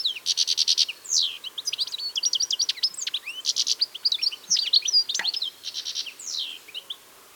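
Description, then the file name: European goldfinch calls and twittering song, a fast jumble of high tinkling notes, buzzy rattles and short liquid trills running almost without pause throughout. "Carduelis carduelis"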